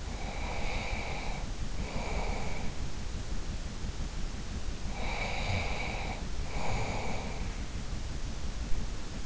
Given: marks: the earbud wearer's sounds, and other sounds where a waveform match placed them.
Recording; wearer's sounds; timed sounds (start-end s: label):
sounds in sleep by an in-ear microphone; breath
0.00-2.79 s: breath
4.89-7.51 s: breath